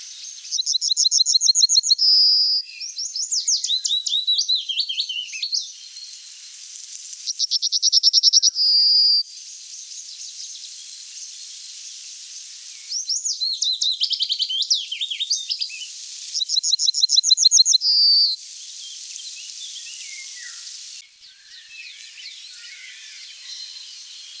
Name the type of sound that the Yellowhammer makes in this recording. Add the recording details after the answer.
song. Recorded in the wild. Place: Oberrotweil am Kaiserstuhl, Baden-Württemberg, DE. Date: 1992-05-06. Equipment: Dat-Recorder Casio DA 7, Telinga DAT, Telinga-Parabolspiegel. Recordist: Schwarz, Dieter